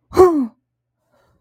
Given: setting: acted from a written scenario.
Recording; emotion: vocal sound without words; negative surprise